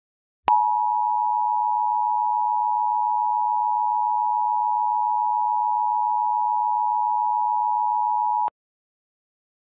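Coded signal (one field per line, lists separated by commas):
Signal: Emergency Alert System (SAME) tones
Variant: 853 and 960 Hz attention tone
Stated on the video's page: Mock EAS severe thunderstorm warning, simulated.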